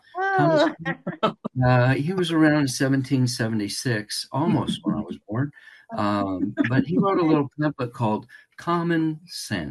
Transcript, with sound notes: he was around 1776, almost when I was born.
(laughs)
Um, but he wrote a little pamphlet called Common Sense.